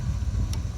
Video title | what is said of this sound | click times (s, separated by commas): 2010 Lexus RX 350 Front Wiper Blades Replacement - how to change windshield wipers | Like that, so now it's snapped in, it's not coming out. | 0.5 s